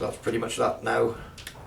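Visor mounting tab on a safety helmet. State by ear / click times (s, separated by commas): seated / 1.5 s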